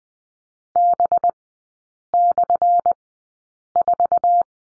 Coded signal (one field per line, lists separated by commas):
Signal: Morse code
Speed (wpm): 20 wpm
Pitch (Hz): 700 Hz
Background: none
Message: B/4